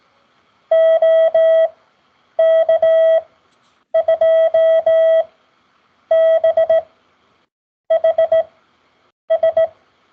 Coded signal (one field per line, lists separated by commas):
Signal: Morse code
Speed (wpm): 17 wpm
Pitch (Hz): 650 Hz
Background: none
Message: OK2BHS